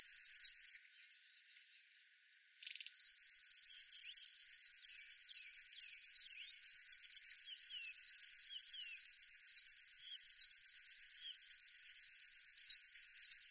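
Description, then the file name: River warbler song, a high pulsing buzz that stops briefly, then resumes and continues steadily while faint descending notes sound underneath. "Schlagschwirl - Locustella fluviatilis"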